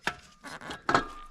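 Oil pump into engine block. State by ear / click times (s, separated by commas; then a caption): seated / 0.9 s. A new oil pump with its gasket on is pushed up into its seat on the engine block of a Jeep 4.0. A knock at 0.1 s and some rubbing and scraping lead to a sharp pop at 0.9 s as the pump seats into place.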